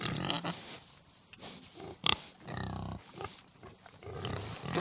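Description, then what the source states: Pigs squealing and grunting in short bursts, with sharp shrieks and harsh, noisy calls. Agitated, crazed pigs.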